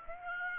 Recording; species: mosquito wingbeat signal from an infrared sensor; Aedes aegypti